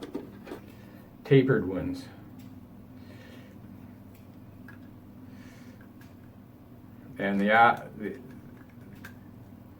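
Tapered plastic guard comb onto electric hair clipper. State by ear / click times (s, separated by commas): seated / 9.1 s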